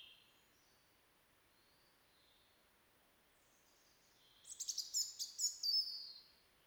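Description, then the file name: European robin: quiet faint notes, then a quick run of rippling high notes and sharp clicks. "Erithacus rubecula"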